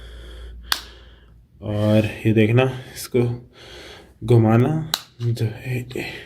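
A magnetic phone clamp for a DJI OM 4 smartphone gimbal snaps into place on the gimbal with a single sharp click at 0.7 s. After the click, someone talks.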